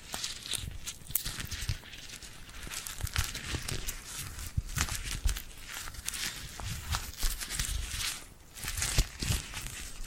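Tingly glued hand sounds: sticky, crackling peels and taps as hands press and pull apart. The activity is dense and irregular throughout, with crisp bright crackle and frequent sharp clicks, swelling slightly around two, five, and eight to nine seconds.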